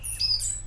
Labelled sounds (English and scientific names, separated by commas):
Stitchbird (Notiomystis cincta) song